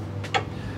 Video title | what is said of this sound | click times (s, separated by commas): OEM Tow Hitch + Oil Cooler Installation Guide. 9 speed PILOT/MDX 2020. "HOW-TO" -5000lbs tow | you'll hear a click when it's sealed | 0.3 s